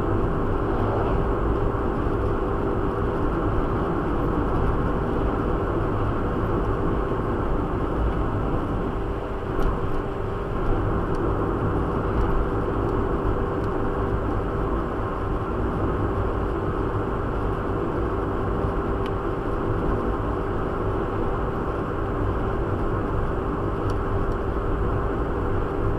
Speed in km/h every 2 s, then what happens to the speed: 93, 94, 94, 94, 93, 92, 93, 93, 92, 93, 93, 93, 93.
0-26 steady at about 93.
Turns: none.